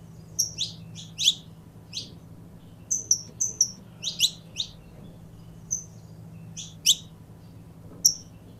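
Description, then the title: Belgian canary song: quick high chirps and short bright whistles, grouped in runs, then sparser notes, with a quiet hum beneath. Purebred Belgian canary. "Canto Do Canário Belga Puro"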